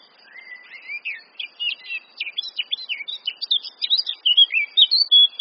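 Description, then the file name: Eurasian blackcap song starts as a soft, chattering warble and grows into loud, fast, fluty whistled notes by the end. "Sylvia atricapilla"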